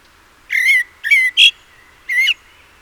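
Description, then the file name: Common blackbird giving four harsh, strained call notes in quick succession. "Turdus merula"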